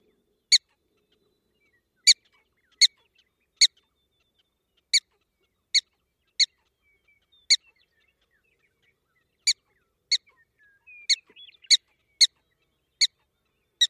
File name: Black-tailed prairie dog alarm